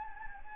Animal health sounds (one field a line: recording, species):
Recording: mosquito wingbeat signal from an infrared sensor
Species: Anopheles gambiae